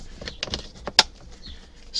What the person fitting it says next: Snap that back into place. You heard them snap.